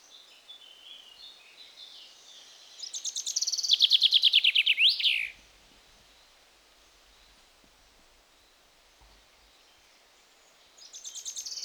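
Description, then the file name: Common chaffinch song: a fast, steadily descending series of sharp notes ending in a brief flourish, with another song starting at the close. "Fringilla coelebs"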